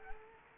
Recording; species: mosquito wingbeat signal from an infrared sensor; Culex quinquefasciatus